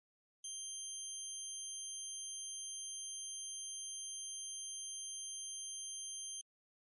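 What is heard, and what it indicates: Simulated tonal tinnitus: a steady, pure high-pitched tone at about 3.3 kHz, with fainter overtones near 6.6, 10 and 13 kHz, holding constant for about six seconds with abrupt onset and offset. It imitates the sound heard in the head with tonal tinnitus.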